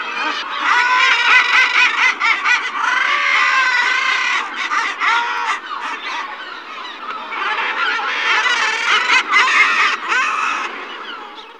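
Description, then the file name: Common murre calls: many raspy, cackling calls overlap in a thick chorus, fading near the end. "alkoun-úzkozobý"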